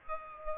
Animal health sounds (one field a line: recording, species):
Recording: mosquito wingbeat signal from an infrared sensor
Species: Aedes aegypti